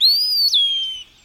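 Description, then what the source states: Eastern Wood-Pewee song, a single high clear whistle rising slightly, then dropping and trailing off downward over about one second. Late summer song, the bird saying its name, in the narrator's South Carolina backyard, a pseudo-pine savanna.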